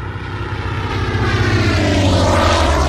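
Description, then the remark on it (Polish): An airplane flies overhead with a steady, droning engine roar and deep rumbling tones that grow louder and fuller over a few seconds. No one speaks. “przeleciała nasza ulubiona.”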